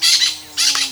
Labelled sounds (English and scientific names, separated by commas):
Brown-throated Parakeet (Eupsittula pertinax) contact call